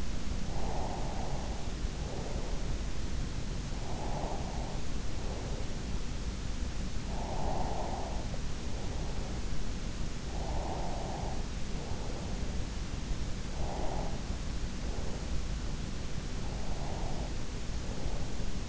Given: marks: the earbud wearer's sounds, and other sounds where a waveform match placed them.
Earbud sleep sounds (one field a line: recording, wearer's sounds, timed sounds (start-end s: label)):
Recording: sounds in sleep by an in-ear microphone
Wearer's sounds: breath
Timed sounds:
0.23-2.69 s: breath
3.32-6.18 s: breath
6.69-9.60 s: breath
10.12-12.69 s: breath
13.32-15.78 s: breath
16.24-18.69 s: breath